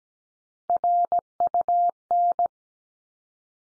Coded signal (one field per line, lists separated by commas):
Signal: Morse code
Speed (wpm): 17 wpm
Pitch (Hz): 700 Hz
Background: none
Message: RUN